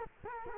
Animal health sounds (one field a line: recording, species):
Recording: mosquito wingbeat signal from an infrared sensor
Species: Culex quinquefasciatus